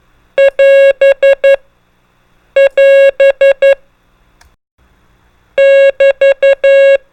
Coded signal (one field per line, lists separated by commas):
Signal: Morse code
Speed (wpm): 11 wpm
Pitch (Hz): 550 Hz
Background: none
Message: <AS> <AS> <BT>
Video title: Ham Radio: Morse Code Trainer | Prosigns and Most Commonly Used Abbreviations